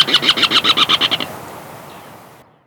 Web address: Natures Songs S America Birds of Ecuador Ecuadorian Rail